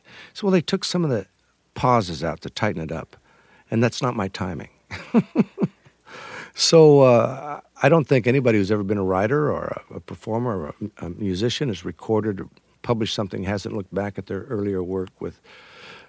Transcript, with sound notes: So, well, they took some of the pauses out to tighten it up, and that's not my timing (laughter). So I don't think anybody who's ever been a writer or a performer or a musician, has recorded or published something, hasn't looked back at their earlier work